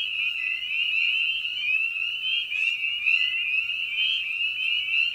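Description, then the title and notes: Spring peeper calls, countless short rising whistles overlapping into one bright, pulsing chorus. Evening at a frog pond. "Night of the Peepers. Species in Focus: Spring Peeper (Pseudacris crucifer). Ian Carlsen"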